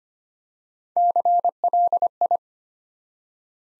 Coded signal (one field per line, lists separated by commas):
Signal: Morse code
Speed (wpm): 25 wpm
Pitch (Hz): 700 Hz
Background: none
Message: CLI